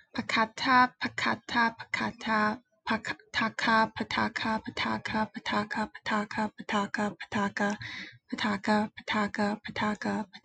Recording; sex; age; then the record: repeated syllables /pa ta ka/; female; 20 to 29 years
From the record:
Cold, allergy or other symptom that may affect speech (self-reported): no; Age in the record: 21 years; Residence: New York, United States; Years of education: 15